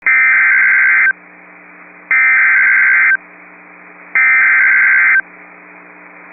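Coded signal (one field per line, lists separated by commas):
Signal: Emergency Alert System (SAME) tones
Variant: header bursts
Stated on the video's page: Real severe thunderstorm warning for North Dakota counties with valid EAS tones.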